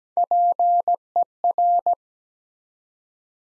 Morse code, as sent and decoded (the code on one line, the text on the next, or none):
.--. . .-.
PER